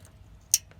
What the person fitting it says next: there's the click